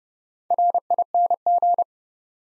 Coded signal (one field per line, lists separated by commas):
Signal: Morse code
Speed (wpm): 30 wpm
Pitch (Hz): 700 Hz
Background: none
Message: RING